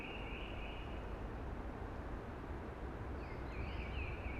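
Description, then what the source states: Eurasian blackbird song: a fluty warbled phrase opening, then a second phrase with rising and falling notes near the end, over a steady rushing hiss like wind in trees. Early blackbird singing amongst hushing conifers.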